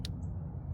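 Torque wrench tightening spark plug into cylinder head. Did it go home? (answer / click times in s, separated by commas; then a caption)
yes / 0.0 s. A click-type torque wrench set to 15 ft-lb tightens a spark plug into the cylinder head of a 2005–2010 Chevrolet Cobalt. A single sharp click comes at 0.0 s (0.05 s) over a steady low rumble. The wrench has reached its setting and the plug is torqued.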